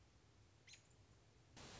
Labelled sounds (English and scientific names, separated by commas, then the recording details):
American Robin (Turdus migratorius)
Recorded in Sonoma County, California